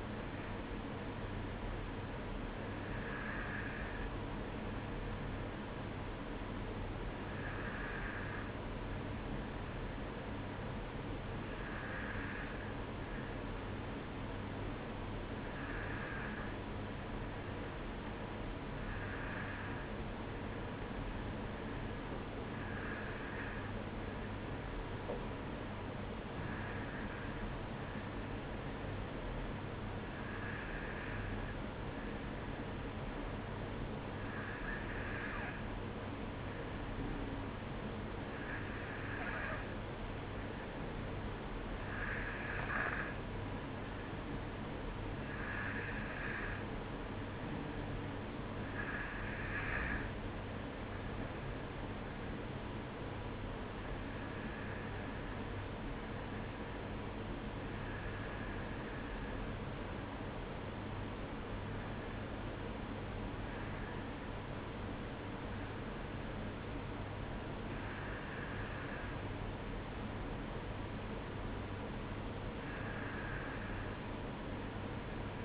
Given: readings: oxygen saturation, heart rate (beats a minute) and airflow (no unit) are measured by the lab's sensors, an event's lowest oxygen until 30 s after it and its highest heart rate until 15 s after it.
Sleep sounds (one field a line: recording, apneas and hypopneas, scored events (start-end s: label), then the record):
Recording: breathing in sleep by a voice recorder at the bedside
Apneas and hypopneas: 1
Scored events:
11.00-49.10 s: hypopnea (N1, oxygen 94% highest, then 93% lowest, heart rate 53 at the start, 56 highest)
22.00-52.00 s: new sleep stage, N2 (light sleep)
52.00-75.45 s: new sleep stage, N1 (lightest sleep)
From the record:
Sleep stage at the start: N1 (lightest sleep)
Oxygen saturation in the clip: 93 to 94%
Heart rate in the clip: 52 to 56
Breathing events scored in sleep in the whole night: 305 in 9.6 hours asleep